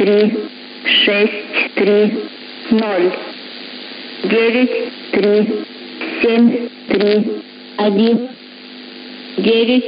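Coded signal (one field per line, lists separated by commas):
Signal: numbers station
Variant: S06s, Russian female voice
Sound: a female voice reading about 9 short, evenly spaced spoken words over radio hiss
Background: radio static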